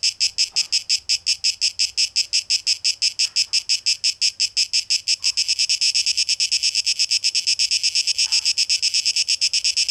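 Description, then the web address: Cicadas singing a harsh, high buzzing in rapid pulses, growing faster and denser in the second half. Cicadas, tape echo mix, 12 August 2023. "rauschpartikel Audio 2023-08-12 Zikaden"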